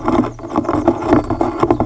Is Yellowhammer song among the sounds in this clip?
no